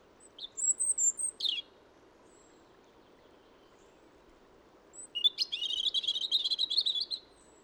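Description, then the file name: European robin singing: a thin, high whistle and a quick slurred phrase, silence for several seconds, then a fast, rattling, high-pitched warble. "Erithacus rubecula"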